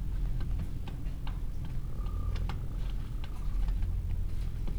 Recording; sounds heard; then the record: poultry house recording; sick chickens (respiratory disease)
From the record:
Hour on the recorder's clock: 15